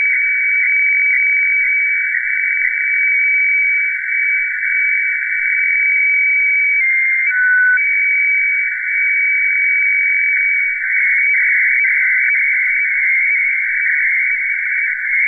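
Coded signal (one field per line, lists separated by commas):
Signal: weather fax (radiofax)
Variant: FAX 120/576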